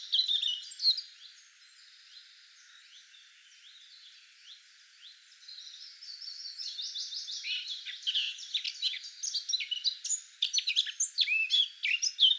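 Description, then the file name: Eurasian blackcap song: a loud burst of warbled notes, a quieter lull, then a long run of quick, varied chirps and twitters growing louder toward the end. "Sylvia atricapilla"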